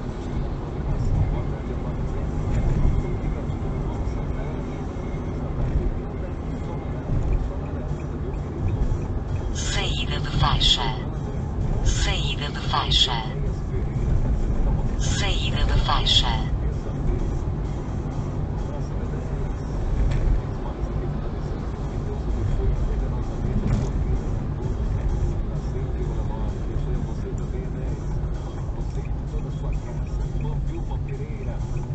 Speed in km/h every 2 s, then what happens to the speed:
57, 60, 60, 57, 55, 51, 52, 54, 54, 54, 54, 53, 49, 39, 34, 34.
4-10 slows to 51. 10-21 steady at about 54. 21-32 slows to 34.